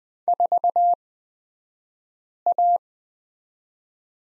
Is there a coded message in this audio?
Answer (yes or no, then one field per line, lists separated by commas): yes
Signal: Morse code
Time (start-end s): 0.3-2.8 s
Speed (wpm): 20 wpm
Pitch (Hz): 700 Hz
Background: none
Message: 4A